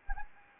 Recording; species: mosquito wingbeat signal from an infrared sensor; Anopheles gambiae